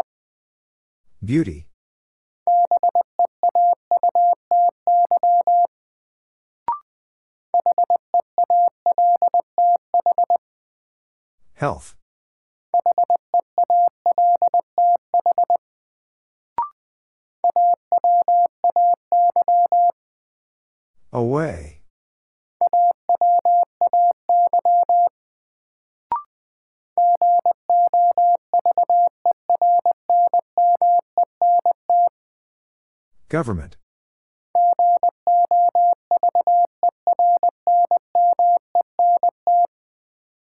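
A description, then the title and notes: Morse code beeps on a single steady mid-pitched tone, keyed in quick bursts of dots and dashes grouped into runs of a few seconds with short gaps. About every ten seconds a sharp click or thump breaks in, and faint ticks sit between some groups. First, the word is sent in Morse code. Sentences from Top 600 Words - New Word Drill - 20wpm.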